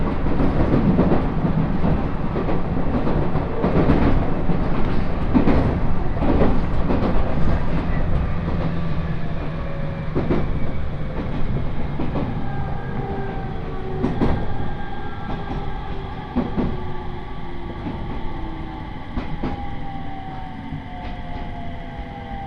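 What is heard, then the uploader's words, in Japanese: Inside a train car on the Uetsu Main Line, a heavy rumble fills the first half, broken by sharp rail-joint clacks every second or so. From about twelve seconds the rumble eases and thin whining tones slowly fall in pitch as the train loses speed. 耳で楽しむ鉄道旅 羽越本線 羽後本荘→秋田。今度は桂根駅を通過する列車なので１つ停車駅が少なくなります。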